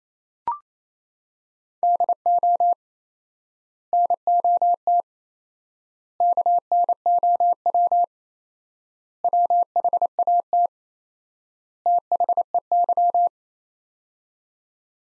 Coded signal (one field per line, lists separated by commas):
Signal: Morse code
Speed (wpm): 27 wpm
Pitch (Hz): 700 Hz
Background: none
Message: DO NOT KNOW WHAT THEY